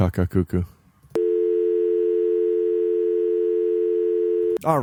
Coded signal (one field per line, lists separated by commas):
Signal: telephone call progress tone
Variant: North America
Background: speech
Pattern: dial tone